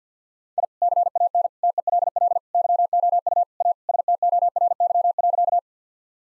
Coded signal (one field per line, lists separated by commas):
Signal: Morse code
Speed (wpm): 50 wpm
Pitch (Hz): 700 Hz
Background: none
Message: I CAN TELL YOU A STORY.